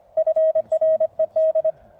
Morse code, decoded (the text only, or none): FRED